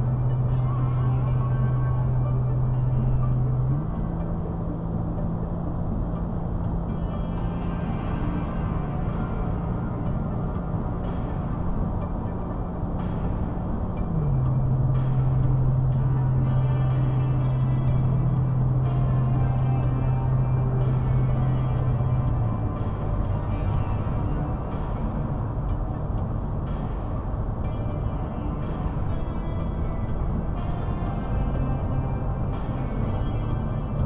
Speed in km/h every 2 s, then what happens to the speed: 90, 90, 92, 93, 95, 97, 98, 97, 97, 97, 97, 98, 97, 97, 97, 97, 97.
0-10 speeds up to 97. 10-34 steady at about 97.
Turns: none.